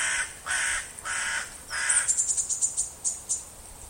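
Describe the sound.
Bird giving several harsh calls, then a fast series of high chattering notes, roughly a dozen in quick succession.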